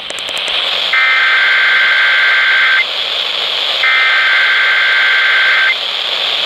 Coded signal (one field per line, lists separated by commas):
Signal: Emergency Alert System (SAME) tones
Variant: header bursts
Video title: EAS #782-789*: Tests and Drills... (Florida Tornado Drill and EAS Tests from 2/9/21)